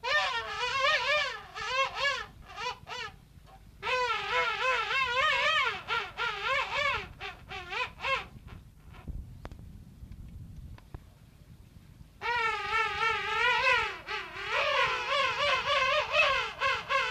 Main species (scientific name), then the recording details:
Aptenodytes patagonicus. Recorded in captivity. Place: Zoo Hannover, Niedersachsen, DE. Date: 1971-12-17. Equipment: Halbspur, 9,5 cm/s. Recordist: Lütgens, Hans. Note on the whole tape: Fünf Königspinguine, meistens rufen zwei